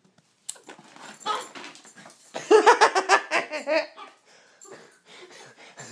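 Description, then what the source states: Dog giving a rapid burst of high, whining yelps, with scratchy rustling before and after. Dog described as excited.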